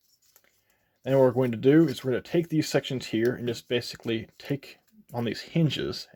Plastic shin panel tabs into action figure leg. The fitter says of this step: You'll hear that click.